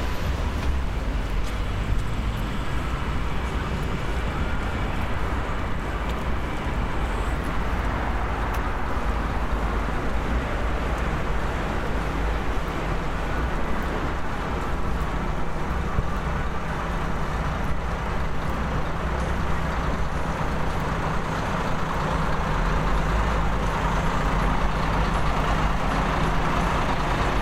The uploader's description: A walk from the station in Vicenza, Italy past a bar where music is being piped out of a PA, past a row of idling buses.